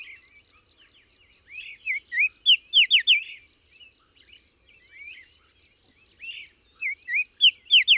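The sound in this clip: Bird song: a loud phrase of whistled notes ending in quick descending slurs, given twice, with softer chirps between.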